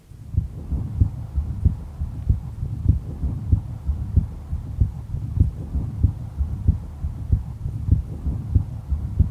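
Heart sounds of a 9-year-old boy with a congenital atrial septal defect, heard by stethoscope at the base of the heart over the aorta (aortic area).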